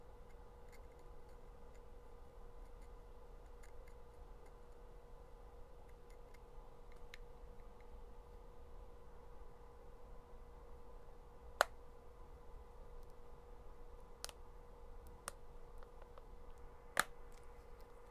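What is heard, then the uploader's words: Sparse tapping and small mouth clicks over a steady low hum with a constant mid-pitched tone. The sharp ticks are faint and irregular at first, with two loud, crisp taps near 12 and 17 seconds and a few softer ones between. No talking (mouth sounds and tapping). There is going to be no talking only mouth sounds.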